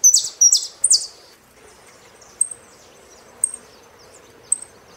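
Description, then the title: Saffron finch song: three loud buzzy high bursts open, then thin, very high whistled notes spaced about a second apart. "Jilguero Argentino"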